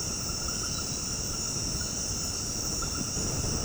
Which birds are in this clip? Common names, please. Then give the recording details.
none. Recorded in dense forest near Puerto Asís, Putumayo, Colombia, on 20 February 2024 at 21:00. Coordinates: 0.486, -76.316. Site G6437